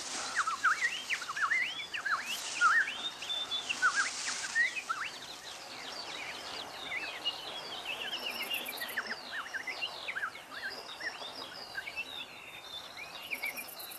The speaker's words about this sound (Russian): Жует зерна, вслушиваясь в пение птиц.